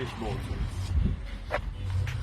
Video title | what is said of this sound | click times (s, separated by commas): Porsche 944 Restoration Part 1 | This doesn't snap closed anymore. | none